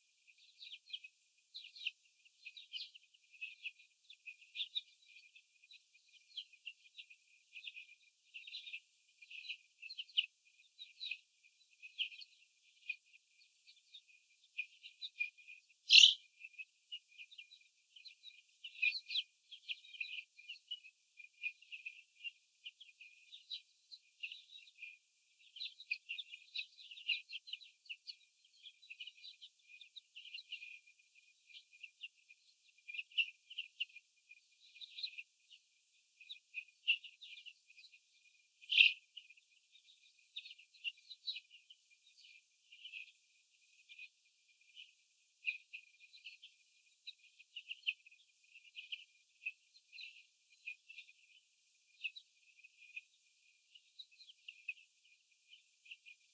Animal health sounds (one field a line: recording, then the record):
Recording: young laying hens in a cage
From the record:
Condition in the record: after the stressor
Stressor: sudden umbrella opening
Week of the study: 3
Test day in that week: 2